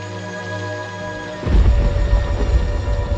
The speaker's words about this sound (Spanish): Obviamente la lluvia y la baja de la temperatura trajo algún alivio también a la ciudad en este sentido. Unas tormentas muy fuertes que descargan mucha, pero muchísima agua. Pocas veces hemos tenido tanta agua cayendo en tan poco periodo de tiempo.